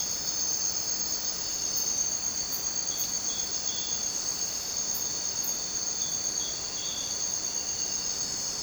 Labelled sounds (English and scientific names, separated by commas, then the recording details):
none
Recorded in dense forest near Puerto Asís, Putumayo, Colombia, on 29 June 2025 at 04:00
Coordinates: 0.484, -76.317
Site G045